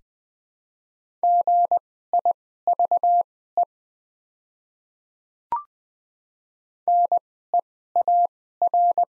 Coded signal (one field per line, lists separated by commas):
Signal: Morse code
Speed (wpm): 20 wpm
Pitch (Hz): 700 Hz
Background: none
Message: GIVE NEAR